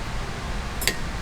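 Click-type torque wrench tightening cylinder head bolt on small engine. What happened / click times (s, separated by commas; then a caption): The torque wrench clicked at its setting / 0.9 s. A click-type torque wrench set to 15 tightens a cylinder head bolt on a mini bike engine, working in an X pattern. The sharp click comes at 0.9 s over low background noise, showing the bolt has reached the set torque.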